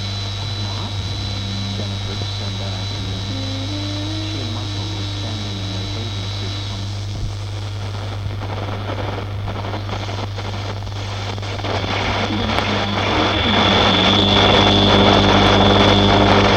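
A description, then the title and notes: An old radio plays with a constant low hum underneath and a faint thin whine up high during the first half. Muffled, wavering voices and tones drift through the hiss, then after about twelve seconds the sound grows louder and busier with crackle and a steadier tone. Radio Interference. I recorded this old radio at a friends place.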